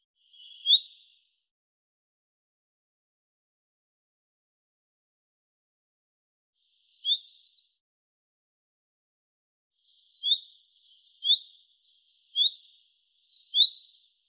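Bird calls, brief rising chirps, one early, one midway, then four in quick succession near the end, with long silences between.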